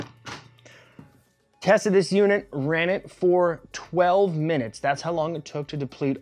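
Pressing down on the lever releases the battery pack from its mount on a XERO Pure Pack backpack water pump, and the battery slides out. A thunk is heard at 0.3 s, followed by two smaller sounds at about 0.6 s and 0.7 s, and then someone talks.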